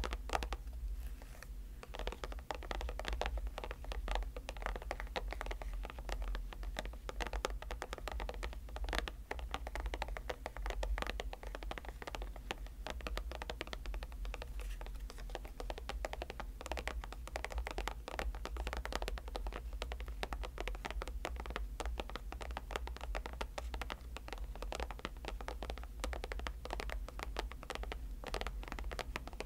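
Tapping and scratching sounds run densely through the whole clip, with quick, uneven clicks and rasps overlapping almost continuously. A steady low hum sits underneath, and the level stays fairly even throughout, with brief bright taps scattered often.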